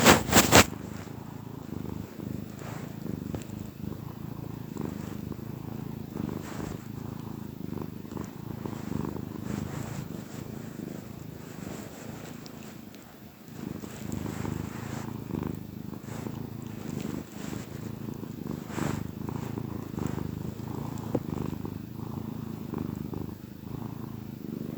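A contented cat purrs in a soft, low, steady rumble with a quick regular flutter that barely changes over the whole stretch. The purr dips slightly around the middle before resuming, with faint light clicks and rustles now and then.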